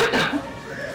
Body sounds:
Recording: coughing mixed with background sound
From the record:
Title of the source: Barking cough - # 10

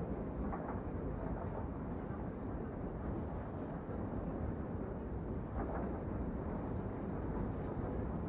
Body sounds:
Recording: background sound without coughing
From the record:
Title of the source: Train Ride Ambience ambient white noise for sleeping, focus, studying, reading

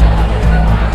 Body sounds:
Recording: background sound without coughing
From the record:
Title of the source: Party Noise 1 Hour Party Ambience

